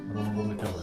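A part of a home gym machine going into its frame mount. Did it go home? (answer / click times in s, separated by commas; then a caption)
no / none. A part of a small home gym machine is being pushed by hand toward its frame mount while music plays. Only handling sounds are heard, and nothing has seated or clicked yet.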